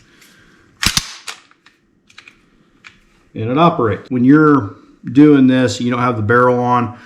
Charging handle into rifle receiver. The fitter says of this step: I'm going to push that until it clicks, and